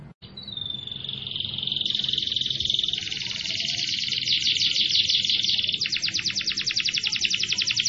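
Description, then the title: Canary song: a sustained thin whistle swelling into a dense buzzy trill, ending in a fast rattling series of high notes; noticeable low-frequency background rumble. "Kenari Gacor"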